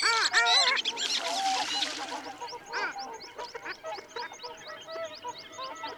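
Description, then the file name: Long-tailed duck calls: a few arched, nasal yodelling notes in the first two seconds, then a run of faint, high repeated notes. "Moretta Codona"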